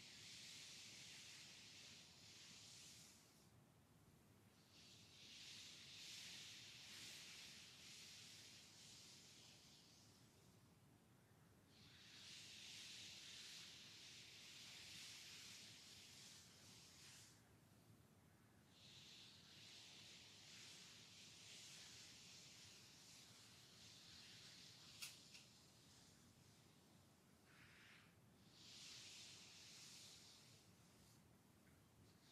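During a full body massage, soft airy hissing swells in repeated stretches of three to five seconds, broken by short quieter pauses. A low, steady rumble runs underneath throughout, and a single sharp click sounds around the 25-second mark.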